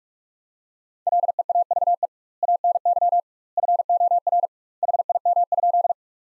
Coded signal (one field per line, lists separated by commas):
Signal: Morse code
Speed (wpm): 46 wpm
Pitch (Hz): 700 Hz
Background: none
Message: LEAVE ANY FOR HIM?